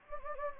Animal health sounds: mosquito wingbeat signal from an infrared sensor; Anopheles gambiae

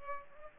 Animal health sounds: mosquito wingbeat signal from an infrared sensor; Culex pipiens

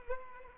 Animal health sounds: mosquito wingbeat signal from an infrared sensor; Culex pipiens

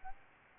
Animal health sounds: mosquito wingbeat signal from an infrared sensor; Aedes albopictus

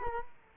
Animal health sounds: mosquito wingbeat signal from an infrared sensor; Culex quinquefasciatus

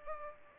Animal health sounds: mosquito wingbeat signal from an infrared sensor; Culex pipiens

